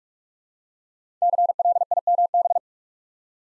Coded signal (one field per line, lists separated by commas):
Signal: Morse code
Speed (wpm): 44 wpm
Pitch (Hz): 700 Hz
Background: none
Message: CLIMB